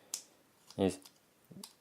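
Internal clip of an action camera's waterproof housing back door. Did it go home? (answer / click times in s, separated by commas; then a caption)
yes / 1.6 s. While closing the back door of a GoPro Hero 3 action camera's waterproof housing, the door catches on a small internal plastic clip, which is pushed forward. A brief sharp tick sounds at 0.1 s, someone talks, and a short sharp click at 1.6 s marks the clip snapping back into place.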